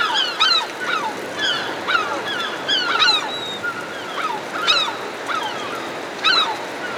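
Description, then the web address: Herring gulls calling, harsh downslurred cries from several birds, overlapping and coming in irregular bursts. Several herring gulls hovering overhead. "210 Nature Sounds - 20 Hours of Relaxing Natural Ambiences for Meditation and Sleep Herring Gulls Hovering Overhead"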